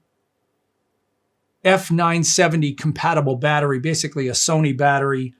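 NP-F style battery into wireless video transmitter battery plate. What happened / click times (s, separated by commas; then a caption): Battery handled, not yet seated; no click / none. An NP-F970-compatible lithium battery, basically a Sony-style battery, is handled at the battery plate of a Hollyland wireless video transmitter/receiver. After about 1.6 seconds of silence, someone talks until the end. The battery has not yet snapped into the plate, and nothing has seated or clicked.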